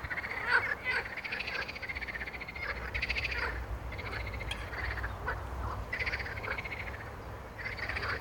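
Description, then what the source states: Frogs croaking in a dense chorus of overlapping rasping calls, with a low steady rumble underneath. Frog chorus, described as a concert.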